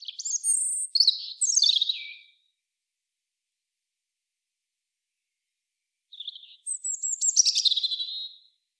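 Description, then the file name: European robin giving two phrases of high, sliding whistles and rapid rattling trills, separated by a pause of about four seconds, background otherwise silent. "Erithacus rubecula"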